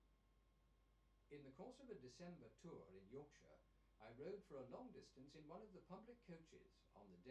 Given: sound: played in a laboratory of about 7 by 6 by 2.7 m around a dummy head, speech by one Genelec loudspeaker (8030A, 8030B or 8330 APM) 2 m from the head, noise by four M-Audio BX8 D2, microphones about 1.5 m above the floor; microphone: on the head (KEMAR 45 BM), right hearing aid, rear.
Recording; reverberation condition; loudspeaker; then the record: male speech in English; low; 30 degrees to the left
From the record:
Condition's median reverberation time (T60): about 310 ms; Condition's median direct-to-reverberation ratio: about 3.5 dB